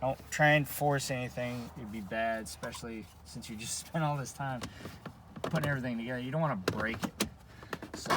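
Plastic dash air vents are handled and pushed back toward the dash bezel while someone talks, with a few short plastic clicks and knocks near the end of the clip. Nothing has seated or clicked into place yet.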